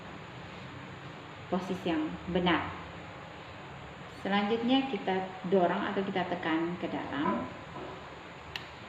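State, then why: Seated. Someone talks while a computer hardware component, first turned to check that its position is correct, is pushed into its slot on the motherboard. A short, sharp tick at 8.6 s marks the component locking into its slot.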